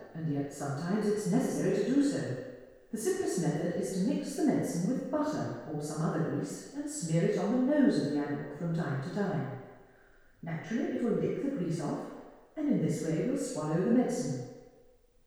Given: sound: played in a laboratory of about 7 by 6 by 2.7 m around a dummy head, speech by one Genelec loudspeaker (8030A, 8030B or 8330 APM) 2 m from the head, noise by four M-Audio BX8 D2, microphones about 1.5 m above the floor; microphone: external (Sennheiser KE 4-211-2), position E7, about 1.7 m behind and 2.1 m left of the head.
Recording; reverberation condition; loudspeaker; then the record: female speech in English; high; 150 degrees to the left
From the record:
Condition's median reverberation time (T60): about 1300 ms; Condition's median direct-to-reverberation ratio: about -4.0 dB